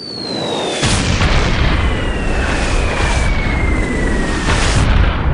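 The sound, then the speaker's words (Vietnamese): A black sphere explodes: a sudden deep explosion booms in after a brief quiet, then rolls on as a loud, sustained rumbling roar with a thin descending whistle-like tone sweeping down across it. “Lúc này thì quả cầu đen ở vị trí trung tâm đã nổ tung, phóng xạ đáng sợ bắt đầu tản ra ngoài.”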